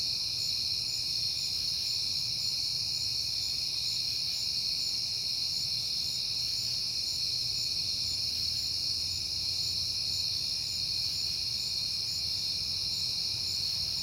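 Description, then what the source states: Crickets trill in a dense, steady high-pitched chorus that runs without pause, with a faint low rumble beneath. Crickets recorded on a peaceful night in September.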